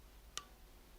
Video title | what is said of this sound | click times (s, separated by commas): Alphacool HowTo: Use the new Eistools Crimping Kit | you heard that one click now that it's got one click I know that the tool itself isn't going to release unless I push the mechanism here the release lock | 0.4 s